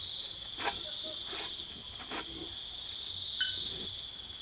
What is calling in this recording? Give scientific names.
Megascops choliba